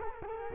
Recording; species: mosquito wingbeat signal from an infrared sensor; Culex quinquefasciatus